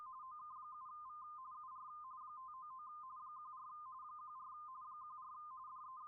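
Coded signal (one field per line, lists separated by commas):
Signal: RTTY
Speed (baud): 45.45 baud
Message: OK7V UR 599 14 14 14 DE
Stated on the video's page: RTTY contest signals from the CQ World Wide RTTY Contest.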